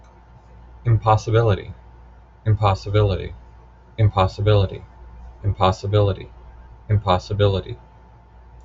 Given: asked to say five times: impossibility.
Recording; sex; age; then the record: repeated word; male; 30 to 39 years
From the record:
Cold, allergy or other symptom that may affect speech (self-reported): no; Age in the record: 38 years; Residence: Oregon, United States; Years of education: 9